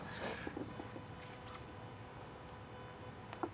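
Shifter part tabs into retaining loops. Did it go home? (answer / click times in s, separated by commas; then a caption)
yes / 3.3 s, 3.4 s. The two tabs on a shifter part slide into their retaining loops during an SMG-to-manual conversion on an E46 M3. Low steady background noise runs throughout, then a sharp double click sounds at 3.3 s and 3.4 s as the tabs seat.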